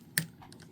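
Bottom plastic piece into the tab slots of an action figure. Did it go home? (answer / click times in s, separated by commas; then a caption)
yes / 0.2 s. The bottom plastic piece of a Hagane Works Dancouga robot action figure is pressed on so its two tabs line up and lock into the slots, giving one sharp, bright plastic click at 0.2 s. A few faint, softer ticks follow, and the tabs are seated in place.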